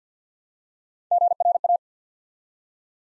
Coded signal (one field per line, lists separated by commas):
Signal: Morse code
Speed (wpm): 50 wpm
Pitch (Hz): 700 Hz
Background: none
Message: GRA